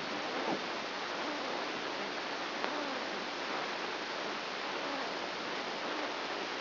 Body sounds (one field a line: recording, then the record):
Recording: brain microelectrode recording played as sound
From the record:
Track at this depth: outside the subthalamic nucleus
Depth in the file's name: 0.008 mm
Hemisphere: right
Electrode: 2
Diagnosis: Parkinson's disease